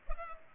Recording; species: mosquito wingbeat signal from an infrared sensor; Culex pipiens